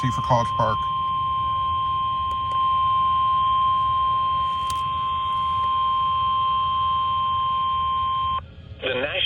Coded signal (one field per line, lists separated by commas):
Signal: Emergency Alert System (SAME) tones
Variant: 1050 Hz attention tone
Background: speech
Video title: Flash Flooding From HELL… EAS Alerts From (7/19/25)